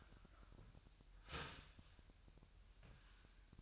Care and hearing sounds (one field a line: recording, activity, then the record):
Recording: daily activity, microphone in the room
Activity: start toaster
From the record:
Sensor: 2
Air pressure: 1001.9 hPa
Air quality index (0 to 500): 247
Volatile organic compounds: 38 ppm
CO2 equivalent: 3116 ppm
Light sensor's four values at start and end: 9/30/12/11 and 9/30/12/11